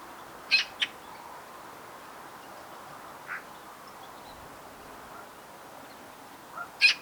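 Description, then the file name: Eurasian magpie calling with scattered harsh chacks: a pair at the start, a softer single note midway, and another rasping pair at the close. "Pica pica"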